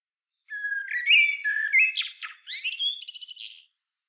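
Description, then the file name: Common blackbird song: a rich whistled warble sliding between notes, ending in a quick series of thin high twittering notes. "Turdus merula"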